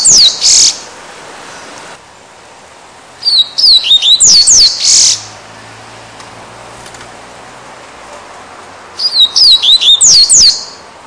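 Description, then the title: Double-collared Seedeater song: three loud bursts of high, sharply descending whistled notes, two ending in a buzzy flourish, separated by several seconds of quiet. "Canto Coleiro"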